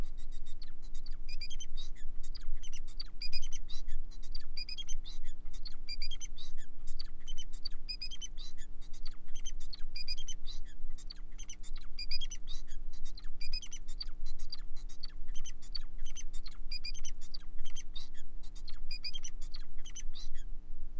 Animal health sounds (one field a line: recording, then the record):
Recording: song of a male Bengalese finch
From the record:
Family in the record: son of father 4